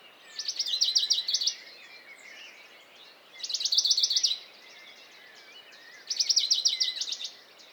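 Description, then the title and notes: Western Bonelli's warbler repeating a rapid, rattling trill three times, a few seconds apart, over a soft dawn chorus. Dawn chorus, 6 May 2020, Piste aux espagnols, Valmaravel, Drôme; unpaired bird fixed on a small pine branch, rapid courtship song to attract a female, not territorial; Nagra Seven recorder, MKH40 microphone. "CHORUS DE BONELLI. 06 mai 2020-Piste aux espagnols - Valmaravel - Drôme. Pouillot de Bonelli (Phylloscopus bonelli)"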